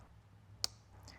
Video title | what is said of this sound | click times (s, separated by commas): HOW TO - Remove Air Filter Box of a 2009 VW Tiguan | You should hear a faint clicking sound. | 0.6 s